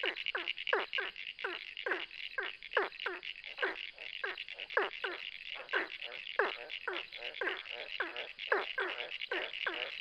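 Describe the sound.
Ornate burrowing frog calling rapidly, quick downward-sliding notes, sometimes paired, about two per second, with a continuous high buzzing chorus behind.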